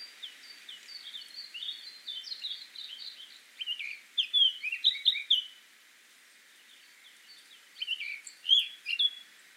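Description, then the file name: Eurasian blackcap song in two phrases: a soft twitter swelling into a loud, rapid warble, a short silence, then another quick warbled burst. "Sylvia atricapilla"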